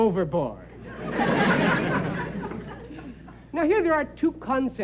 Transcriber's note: soundbite of laughter